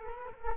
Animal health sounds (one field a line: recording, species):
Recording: mosquito wingbeat signal from an infrared sensor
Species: Culex quinquefasciatus